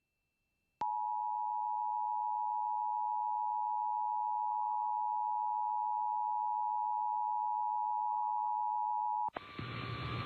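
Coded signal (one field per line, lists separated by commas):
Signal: Emergency Alert System (SAME) tones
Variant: 853 and 960 Hz attention tone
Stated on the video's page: EAS monthly test aired on WLVI television during a commercial break.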